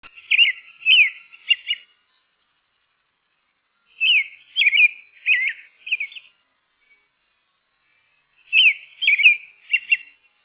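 Robin song in three short phrases of warbled, twittering notes, separated by pauses of about two seconds, with no other sounds.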